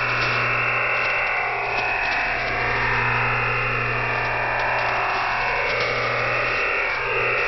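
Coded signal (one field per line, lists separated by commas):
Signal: digital SSTV (DRM)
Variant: EasyDRF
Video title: Shortwave Radiogram EasyDRF Part 2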